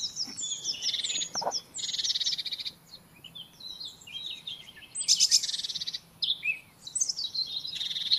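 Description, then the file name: Eurasian blackcap warbling with varied whistles and harsh buzzes over steady background hiss, pausing briefly midway before a loud, scratchy burst and more twittering. "Sylvia atricapilla"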